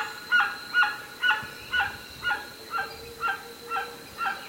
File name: White winged guan